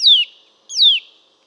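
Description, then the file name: Eurasian nuthatch call: two sharp whistled notes falling steeply in pitch, the first starting at once, the second after a brief pause. "Sitta europaea"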